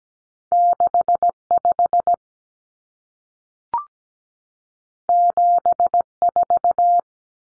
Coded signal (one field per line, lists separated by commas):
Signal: Morse code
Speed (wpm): 17 wpm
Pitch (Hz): 700 Hz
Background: none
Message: 65 74